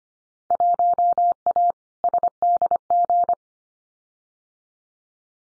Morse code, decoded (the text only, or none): 1A SDG